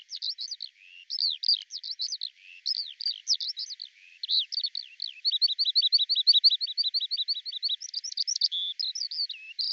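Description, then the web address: Eurasian skylark song, loud and high, mixing swooping chirps with a fast run of repeated clipped notes, then more warbling phrases. "cianscape birddata Deverinetal 2025 Bird Al Ar"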